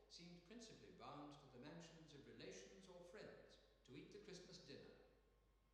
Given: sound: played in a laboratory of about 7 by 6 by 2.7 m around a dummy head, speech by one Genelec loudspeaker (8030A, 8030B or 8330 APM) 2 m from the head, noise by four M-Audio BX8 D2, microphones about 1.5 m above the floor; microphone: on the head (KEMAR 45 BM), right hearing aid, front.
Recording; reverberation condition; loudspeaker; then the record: male speech in English; high; 30 degrees to the right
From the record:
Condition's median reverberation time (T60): about 1300 ms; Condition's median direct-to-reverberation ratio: about -4.0 dB